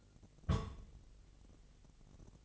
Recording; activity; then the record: daily activity, microphone in the room; place on stove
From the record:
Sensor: 4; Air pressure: 1000.1 hPa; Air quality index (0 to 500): 230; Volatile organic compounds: 30 ppm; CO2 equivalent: 2969 ppm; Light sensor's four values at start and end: 9/20/8/8 and 9/20/8/8